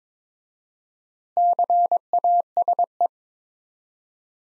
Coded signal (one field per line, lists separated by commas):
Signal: Morse code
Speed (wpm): 22 wpm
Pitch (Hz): 700 Hz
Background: none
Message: CASE